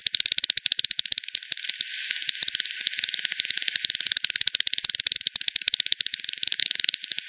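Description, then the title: Bat echolocation rendered audible, dense rattling clicks overlapping continuously. Multiple bats by the Hogsmill River at Hogsmill Lane, 7 October 2020 at 18:10; frequency-division bat detector recording (divide by 10), bandpass filtered and resampled. "WW bat 20201007 T 18 : 10 Z-Hogsmill-Lane-Hogsmill-River-multiple-bats"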